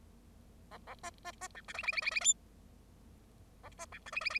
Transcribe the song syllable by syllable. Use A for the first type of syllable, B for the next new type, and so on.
A A B B B C D E E E E E F A B C D E E E